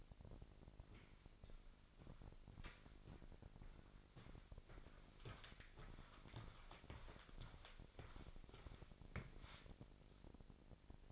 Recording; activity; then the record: daily activity, microphone in the room; walk to room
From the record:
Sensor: 5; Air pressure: 999.5 hPa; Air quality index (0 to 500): 218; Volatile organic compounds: 19 ppm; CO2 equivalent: 2664 ppm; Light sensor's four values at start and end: 35/81/32/31 and 31/69/29/29